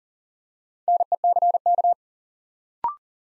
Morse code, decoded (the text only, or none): NECK